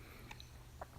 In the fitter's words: it actually clicks in place really firmly up the top there over that notch so it's definitely not going to move again